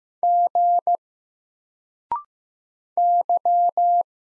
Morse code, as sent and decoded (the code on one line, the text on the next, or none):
--. / -.--
G Y